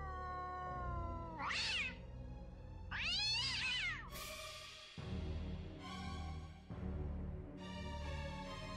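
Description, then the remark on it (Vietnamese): A cat in a house lets out several drawn-out, wavering meows, rising and falling in pitch, over a low droning background, with a sharp burst of noise partway through. “Khi tiếng mèo kêu lên cũng là lúc toàn bộ đèn điện trong nhà vụt tắt.”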